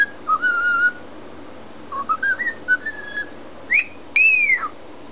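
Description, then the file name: Cockatiel whistles: a few scattered clear notes, then an upward-swooping whistle and a longer, loud whistle that arches up and down. "siulan cockatiel"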